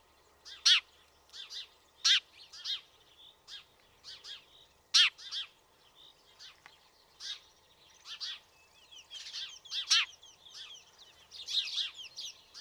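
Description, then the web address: House sparrow chirps, several sharp loud notes early on, then busier twittering toward the end. "fugl g-spurv"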